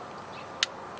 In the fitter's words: Alright, I heard it click.